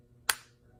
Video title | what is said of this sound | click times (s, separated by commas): Sandoo Wireless Earbuds Unboxing | There we go. Nice little click. | 0.3 s